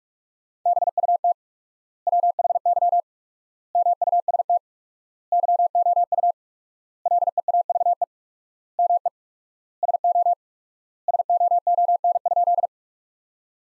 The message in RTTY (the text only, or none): none